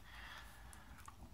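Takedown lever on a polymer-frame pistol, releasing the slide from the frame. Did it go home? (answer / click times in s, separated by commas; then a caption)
released / 0.7 s, 1.1 s. The takedown lever on a polymer-frame Walther PPQ M2 pistol is pulled down on both sides of the frame during disassembly to release the slide. Two faint clicks come at 0.7 s and 1.1 s over a steady low hiss. The lever is released and the slide is freed to come off the frame.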